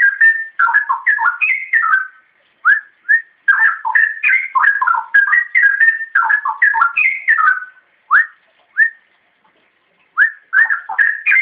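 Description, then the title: Oriental magpie-robin singing a rich, varied run of clear whistled notes, slurred up and down, in quick phrases broken by short pauses and a few single rising whistles. "Kicau Kacer"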